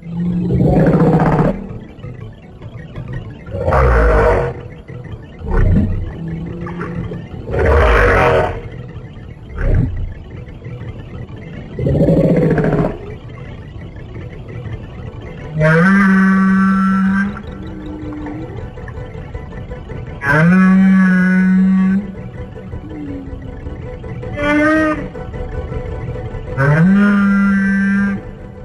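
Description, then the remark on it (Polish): Whale calls: a series of long, low, moaning tones rich in overtones, some sliding upward, with shorter throbbing bursts between them and no talking. “A w wodzie? Rekin? Wieloryb.”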